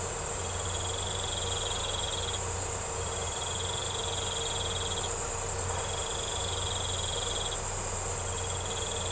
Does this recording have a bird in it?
no